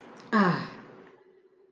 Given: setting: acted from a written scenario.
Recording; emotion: vocal sound without words; neutral